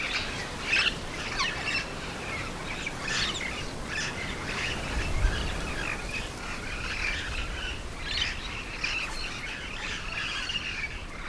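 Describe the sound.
Yellow-shouldered parrot squawks: scattered harsh, rasping calls at irregular intervals, partly blurred by a constant hiss and low rumble.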